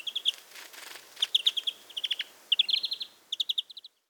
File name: Chloris chloris